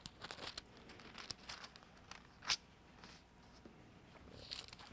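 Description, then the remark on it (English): Thin Bible pages rustle and flip as they are turned to Romans chapter 10, in an irregular series of soft, crinkly brushes, with one sharper crisp flick partway through. Quiet overall, with no voices. “Most of you know this verse already, but I would like you to turn to Romans chapter 10. And underline it, because this verse is so important.”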